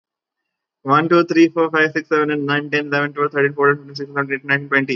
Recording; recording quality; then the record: counting at a normal pace; excellent, no background noise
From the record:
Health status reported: recovered from COVID-19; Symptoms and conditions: none ticked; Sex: male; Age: 18 years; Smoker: not ticked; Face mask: not worn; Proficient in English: yes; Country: India